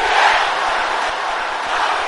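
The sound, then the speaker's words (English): A crowd of voices shouts together in a sustained, loud roar, an audience calling out a prayer in unison in the name of Jesus against wicked powers, with a dense wash of overlapping voices and no clear individual words. “Can I hear you shouting this? Like you have shouted.”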